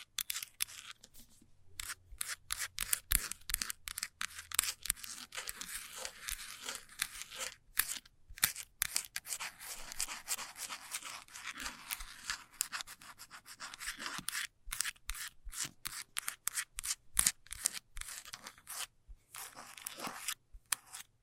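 Fast scratching runs in dense, rapid bursts of bright, rasping strokes, with brief pauses near two, seven and nineteen seconds.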